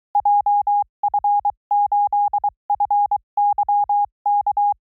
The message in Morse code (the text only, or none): JF8FYK